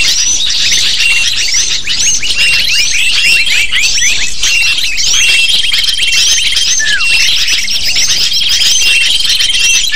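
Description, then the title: Lovebird flock calling, many shrill chirps and short squeaks piling over one another without pause, with occasional level whistled tones and a brief falling squeal. Lure recording played to attract lovebirds. "PIKAT BURUNG LOVEBIRD"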